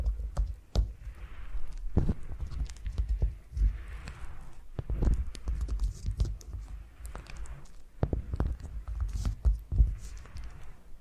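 Foam massage: soft, uneven thumps and rubbing strokes, with low, heavy bumps landing every second or so. Rustling swells of squishy friction rise and fade around the second, fourth, sixth and tenth seconds, and faint clicks and taps scatter throughout.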